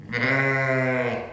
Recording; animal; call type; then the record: contact call of a hoofed animal; sheep; low-frequency (closed-mouth) or high-frequency (open-mouth) call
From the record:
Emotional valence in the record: negative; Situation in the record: short social isolation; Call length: 1.33 s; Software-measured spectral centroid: 1710 Hz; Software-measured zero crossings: 2140 a second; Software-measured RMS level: -24 dBFS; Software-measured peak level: -9 dBFS